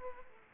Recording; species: mosquito wingbeat signal from an infrared sensor; Aedes aegypti